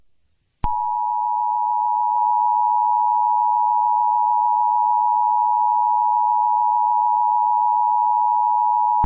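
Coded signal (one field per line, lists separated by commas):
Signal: Emergency Alert System (SAME) tones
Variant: 853 and 960 Hz attention tone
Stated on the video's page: Fictional EAS scenario.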